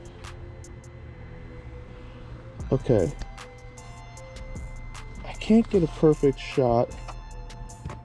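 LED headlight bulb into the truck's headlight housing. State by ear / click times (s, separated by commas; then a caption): seated / 7.9 s. Someone talks over a steady background hum while an Auxito LED headlight bulb is twisted and pushed into the headlight housing of a truck. A short, sharp click at 7.9 s marks the bulb seating in the housing.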